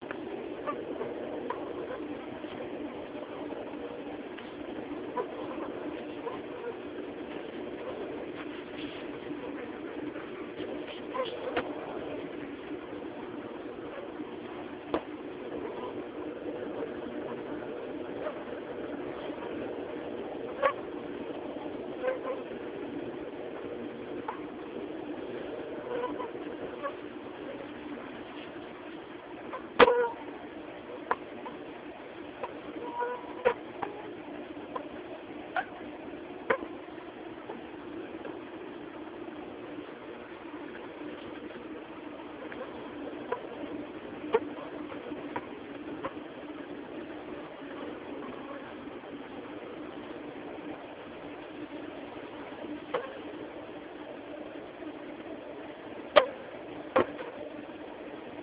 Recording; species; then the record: mosquito flight sound by mobile phone; Aedes aegypti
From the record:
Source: UCD PR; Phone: Samsung T209